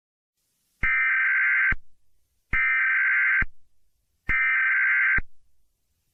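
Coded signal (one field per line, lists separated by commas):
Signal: Emergency Alert System (SAME) tones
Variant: header bursts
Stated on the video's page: Fake EAS scenario, a remake of an earlier mock.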